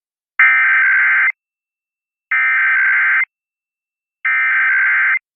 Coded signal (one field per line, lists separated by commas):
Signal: Emergency Alert System (SAME) tones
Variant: header bursts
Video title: [EAS #2712-#2713] KLOVE Decides to test again, 2 days later (9/24/23)